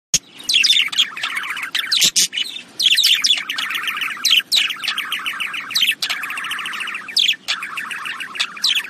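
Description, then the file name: Budgerigar chatter, a continuous run of warbled, buzzy chirps and trills in quick succession, broken by a few short pauses and sharp clicks. "Budgie Sounds"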